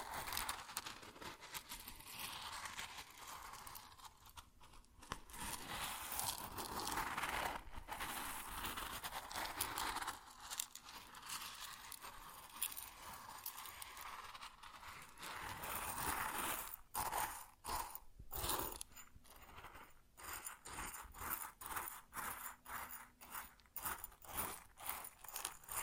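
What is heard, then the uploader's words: Grain sounds: a dense, continuous rattling hiss of small particles, bright and grainy, with little low end. The flow swells and thins irregularly, with brief gaps near 5, 8, 15 and 17 seconds, and after 17 seconds it breaks into choppier bursts of pouring. ASMR Grain Sounds (No Talking).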